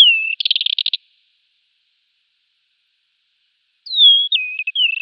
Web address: Schulze Peter Desert Wheatear song